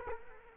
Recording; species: mosquito wingbeat signal from an infrared sensor; Culex quinquefasciatus